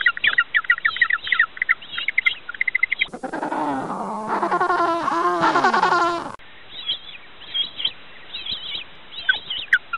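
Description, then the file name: Penguin braying calls, a harsh series of rising and falling honking notes lasting about three seconds, set between stretches of rapid high chirping. "tieng chim canh cut keu"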